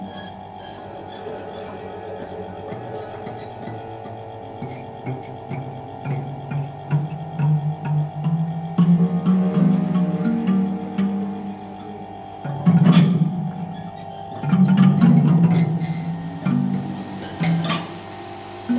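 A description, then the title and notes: Sound sculptures in a gallery space: a steady mid-pitched hum and a fixed ringing tone run throughout, while low droning, wavering tones rise and swell from about seven seconds on. Sharp clicks and brief bright knocks punctuate it, loudest around thirteen and fifteen seconds. Two sound sculptures in Centre Georges Pompidou.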